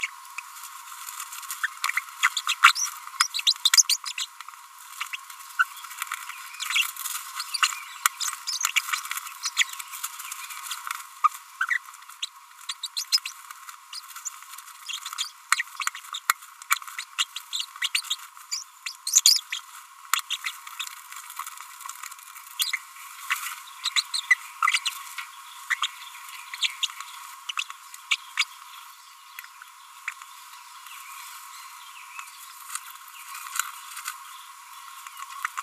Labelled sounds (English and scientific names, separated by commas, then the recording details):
Green-rumped Parrotlet (Forpus passerinus) babbling
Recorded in a nest box in Venezuela
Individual 18B25A5